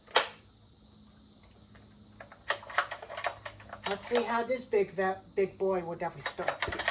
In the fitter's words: You pull chuck out and you hear it click. that's on full throttle.